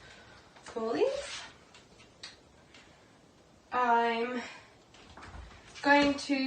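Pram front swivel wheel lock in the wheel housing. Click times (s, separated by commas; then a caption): 2.2 s. Someone talks as a Bugaboo Buffalo pram is pulled back after the white buttons on its front wheels are pressed, locking the front swivel wheels in the outward position. A sharp click at 2.2 s marks the front swivel wheel lock seating in the wheel housing, followed by a few faint knocks while the talking continues.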